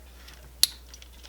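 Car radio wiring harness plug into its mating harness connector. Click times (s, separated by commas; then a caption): 0.6 s. A white plastic factory car radio wiring harness plug is pushed into its mating white harness connector while an aftermarket head unit is fitted in a car dash. A single sharp, bright click sounds at 0.6 s, followed by a few faint ticks. The connector clicks in and is seated.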